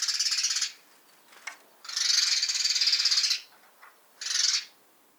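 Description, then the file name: House sparrow giving rapid, rattling chatters in three bursts, the middle one longest at over a second, with short quiet gaps between. "Passer domesticus"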